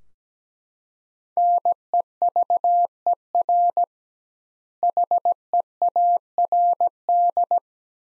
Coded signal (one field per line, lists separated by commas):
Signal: Morse code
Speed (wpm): 17 wpm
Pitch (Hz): 700 Hz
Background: none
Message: NEVER HEARD